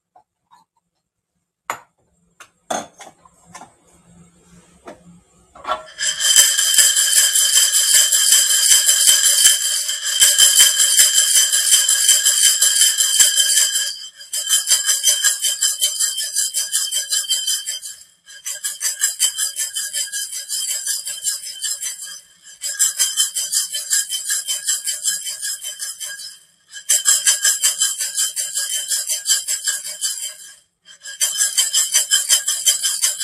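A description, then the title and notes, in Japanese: Kitchen tidying: a few scattered clicks and light knocks open the first six seconds. Then a dense, bright, ringing metallic rattle takes over, coming in long bursts of about four seconds each, separated by brief pauses, until the end. キッチン周りのお片付け。Sujataはお話はいたしません。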